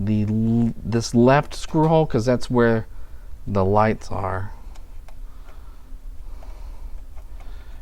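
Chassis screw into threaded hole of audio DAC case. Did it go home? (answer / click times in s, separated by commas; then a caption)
no / none. Someone talks while lining up a chassis screw over the left screw hole near the lights of a Schiit Bifrost audio DAC case, getting ready to back it in to find the thread. After the talking, a few faint small ticks of handling are heard at about 4.8, 5.1 and 7.4 seconds. The screw has not seated or clicked yet.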